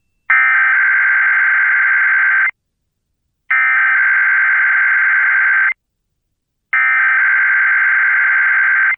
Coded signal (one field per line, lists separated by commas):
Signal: Emergency Alert System (SAME) tones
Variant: header bursts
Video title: EAS #695: EAS Required Weekly Test- Sep. 7, 2022- 2:00PM PDT